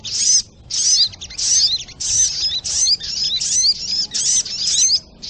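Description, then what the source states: Little spiderhunter song of high, busy bursts of sharp chirps and quick rising and falling whistles, several bursts with short gaps between. Training recording (masteran).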